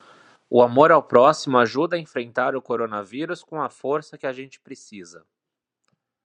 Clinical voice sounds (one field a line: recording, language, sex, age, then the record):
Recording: spoken sentence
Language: Brazilian Portuguese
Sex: male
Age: 20 to 29 years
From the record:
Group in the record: control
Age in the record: 27 years